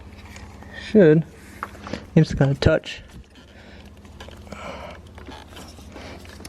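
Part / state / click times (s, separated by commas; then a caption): wiring connector into engine ignition coil / not seated / none. A wiring connector is handled at an ignition coil of an LS3 engine swapped into a BMW E46, right next to the exhaust headers, with the plug touching the header. Someone talks in bursts over a low steady hum, with a few brief sharp handling taps between and after the speech. Nothing has seated or clicked yet by the end of the clip.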